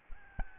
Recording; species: mosquito wingbeat signal from an infrared sensor; Aedes albopictus